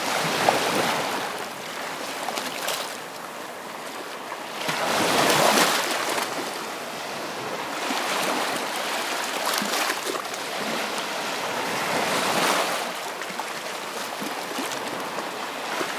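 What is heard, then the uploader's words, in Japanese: Waves rush in and wash back in a quick, steady rhythm, with louder surges near the start, around five seconds, and twelve seconds. The sound of the fast-paced waves。テンポのいい波の音。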